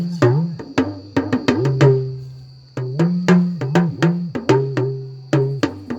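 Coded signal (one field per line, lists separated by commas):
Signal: talking drum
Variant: Yoruba dùndún, oriki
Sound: rapid resonant drum strokes whose low pitch rises and falls like speech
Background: faint high-pitched whine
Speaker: That's what we call talking drum, oriki.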